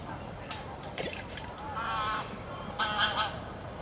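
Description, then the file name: Goose giving two nasal honks about a second apart, preceded by a few sharp clicks and knocks. Geese at the Łężczok nature reserve. "rezerwat lezczok gesi i labedzie i spadajace zoledzie"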